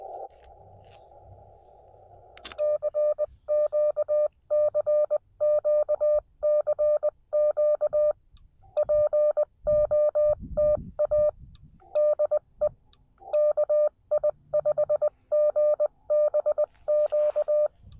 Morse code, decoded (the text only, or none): CQ CQ CQ POTA DE KI5GBQ